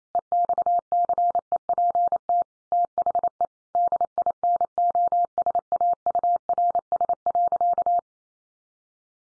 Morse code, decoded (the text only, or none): EXCEPT THE DINOSAURS.